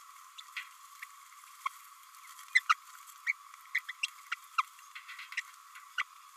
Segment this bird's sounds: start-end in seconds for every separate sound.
1.66-1.68, 2.55-2.62, 3.26-3.33, 3.74-3.80, 3.88-3.92, 4.31-4.35, 5.37-5.41, 5.98-6.03